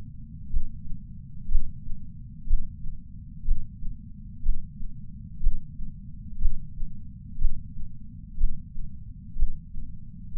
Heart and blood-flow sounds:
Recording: heart sounds by patch sensor on the chest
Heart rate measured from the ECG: 61 bpm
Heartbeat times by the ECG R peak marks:
0.50 s: heartbeat
1.49 s: heartbeat
2.47 s: heartbeat
3.45 s: heartbeat
4.43 s: heartbeat
5.41 s: heartbeat
6.39 s: heartbeat
7.39 s: heartbeat
8.38 s: heartbeat
9.37 s: heartbeat
10.36 s: heartbeat
From the record:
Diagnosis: coronary artery disease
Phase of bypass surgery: intraoperative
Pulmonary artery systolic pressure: 26 mmHg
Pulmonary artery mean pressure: 20 mmHg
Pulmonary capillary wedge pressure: 11 mmHg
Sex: female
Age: 69 years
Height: 148 cm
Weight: 51 kg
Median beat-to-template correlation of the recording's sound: 0.86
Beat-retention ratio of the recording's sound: 0.99

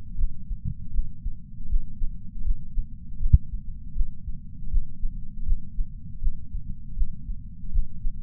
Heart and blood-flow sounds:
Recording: heart sounds by patch sensor on the chest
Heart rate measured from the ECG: 80 bpm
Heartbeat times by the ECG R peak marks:
0.17 s: heartbeat
0.92 s: heartbeat
1.68 s: heartbeat
2.43 s: heartbeat
3.19 s: heartbeat
3.94 s: heartbeat
4.70 s: heartbeat
5.45 s: heartbeat
6.20 s: heartbeat
6.95 s: heartbeat
7.71 s: heartbeat
From the record:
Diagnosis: coronary artery disease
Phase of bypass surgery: postoperative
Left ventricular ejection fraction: 62.4%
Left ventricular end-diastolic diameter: 42 mm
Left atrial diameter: 36 mm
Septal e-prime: 5.8 cm/s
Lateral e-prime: 9.2 cm/s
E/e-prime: 7.3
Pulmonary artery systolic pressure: 36 mmHg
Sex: male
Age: 59 years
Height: 162 cm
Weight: 60 kg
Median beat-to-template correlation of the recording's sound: 0.83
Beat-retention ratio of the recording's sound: 0.99

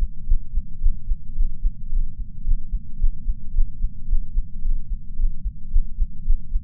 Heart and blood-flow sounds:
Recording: heart sounds by patch sensor on the chest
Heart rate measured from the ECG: 110 bpm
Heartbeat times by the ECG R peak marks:
0.25 s: heartbeat
0.79 s: heartbeat
1.34 s: heartbeat
1.88 s: heartbeat
2.43 s: heartbeat
2.97 s: heartbeat
3.52 s: heartbeat
4.06 s: heartbeat
4.61 s: heartbeat
5.15 s: heartbeat
5.69 s: heartbeat
6.23 s: heartbeat
From the record:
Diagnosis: coronary artery disease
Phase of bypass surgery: postoperative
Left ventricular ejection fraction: 34.9%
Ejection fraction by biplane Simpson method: 32.7%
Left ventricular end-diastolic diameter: 59 mm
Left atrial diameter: 36 mm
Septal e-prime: 3 cm/s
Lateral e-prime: 7 cm/s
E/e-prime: 12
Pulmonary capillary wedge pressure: 12 mmHg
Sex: male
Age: 49 years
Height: 175 cm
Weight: 80 kg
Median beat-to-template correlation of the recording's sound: 0.90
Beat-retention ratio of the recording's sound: 0.99

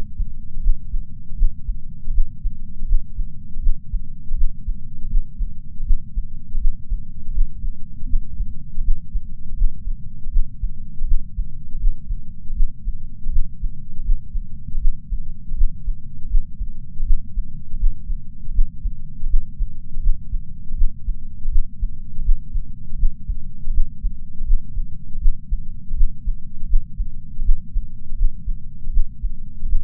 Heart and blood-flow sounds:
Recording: heart sounds by patch sensor on the chest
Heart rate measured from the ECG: 81 bpm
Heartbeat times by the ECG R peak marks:
0.61 s: heartbeat
1.36 s: heartbeat
2.12 s: heartbeat
2.86 s: heartbeat
3.61 s: heartbeat
4.36 s: heartbeat
5.08 s: heartbeat
5.84 s: heartbeat
6.59 s: heartbeat
7.32 s: heartbeat
8.07 s: heartbeat
8.82 s: heartbeat
9.56 s: heartbeat
10.31 s: heartbeat
11.06 s: heartbeat
11.79 s: heartbeat
12.54 s: heartbeat
13.30 s: heartbeat
14.03 s: heartbeat
14.79 s: heartbeat
15.55 s: heartbeat
16.28 s: heartbeat
17.04 s: heartbeat
17.78 s: heartbeat
18.52 s: heartbeat
19.28 s: heartbeat
20.01 s: heartbeat
20.75 s: heartbeat
21.50 s: heartbeat
22.23 s: heartbeat
22.97 s: heartbeat
23.72 s: heartbeat
24.45 s: heartbeat
25.20 s: heartbeat
25.95 s: heartbeat
26.67 s: heartbeat
27.43 s: heartbeat
28.16 s: heartbeat
28.91 s: heartbeat
29.67 s: heartbeat
From the record:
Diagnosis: coronary artery disease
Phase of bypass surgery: postoperative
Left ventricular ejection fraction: 56.9%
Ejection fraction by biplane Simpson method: 47.5%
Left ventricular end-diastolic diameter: 47 mm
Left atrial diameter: 37 mm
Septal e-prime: 6 cm/s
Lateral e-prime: 7.9 cm/s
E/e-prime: 12.2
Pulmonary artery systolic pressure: 37 mmHg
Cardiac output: 5.2 L/min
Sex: female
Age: 68 years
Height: 161 cm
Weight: 66.6 kg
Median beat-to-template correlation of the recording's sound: 0.94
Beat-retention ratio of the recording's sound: 0.98

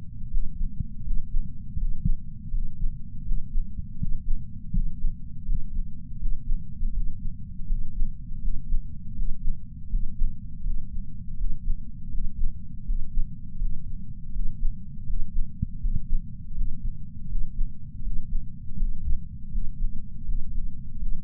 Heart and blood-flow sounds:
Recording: heart sounds by patch sensor on the chest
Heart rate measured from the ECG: 81 bpm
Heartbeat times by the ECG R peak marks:
0.29 s: heartbeat
1.02 s: heartbeat
1.76 s: heartbeat
2.50 s: heartbeat
3.23 s: heartbeat
3.97 s: heartbeat
4.71 s: heartbeat
5.44 s: heartbeat
6.18 s: heartbeat
6.92 s: heartbeat
7.66 s: heartbeat
8.40 s: heartbeat
9.14 s: heartbeat
9.88 s: heartbeat
10.62 s: heartbeat
11.36 s: heartbeat
12.10 s: heartbeat
12.84 s: heartbeat
13.58 s: heartbeat
14.31 s: heartbeat
15.05 s: heartbeat
15.79 s: heartbeat
16.53 s: heartbeat
17.27 s: heartbeat
18.02 s: heartbeat
18.76 s: heartbeat
19.49 s: heartbeat
20.24 s: heartbeat
20.98 s: heartbeat
From the record:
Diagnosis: coronary artery disease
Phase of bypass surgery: postoperative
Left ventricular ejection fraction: 59.1%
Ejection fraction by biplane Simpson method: 55%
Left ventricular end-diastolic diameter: 46 mm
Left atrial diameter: 34 mm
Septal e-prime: 8 cm/s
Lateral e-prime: 6.5 cm/s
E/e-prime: 8.7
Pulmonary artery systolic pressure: 22 mmHg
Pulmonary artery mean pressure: 11 mmHg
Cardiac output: 4.38 L/min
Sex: male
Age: 58 years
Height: 160 cm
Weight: 70 kg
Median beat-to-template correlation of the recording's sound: 0.85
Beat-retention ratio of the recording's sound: 0.99

